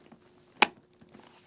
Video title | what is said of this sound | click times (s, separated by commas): How to Install Your RST Race Suit's In&Motion Airbag In&Box from SportbikeTrackGear.com | so, and it locks into place. | 0.6 s